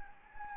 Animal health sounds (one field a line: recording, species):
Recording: mosquito wingbeat signal from an infrared sensor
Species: Anopheles gambiae